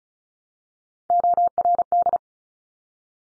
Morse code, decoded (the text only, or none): ORD